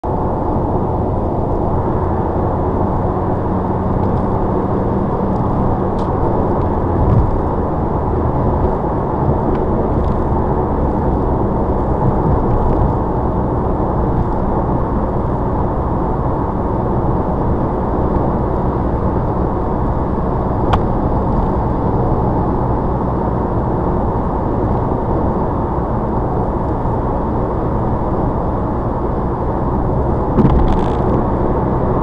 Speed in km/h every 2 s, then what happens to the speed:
109, 111, 113, 114, 114, 114, 114, 114, 114, 116, 114, 114, 113, 109, 108, 106.
0-23 steady at about 114. 23-32 slows to 106.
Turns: none.